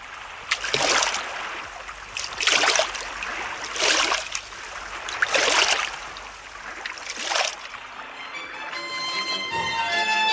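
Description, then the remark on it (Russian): Oars dip and pull through river water as a boat is rowed, in five steady, rhythmic strokes, each a loud swishing splash about two seconds apart, before a quieter stretch of lapping water with a faint tonal hum at the end. “На весла!”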